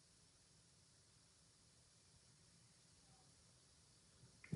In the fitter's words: just press that down till it clicks, and then you put your foam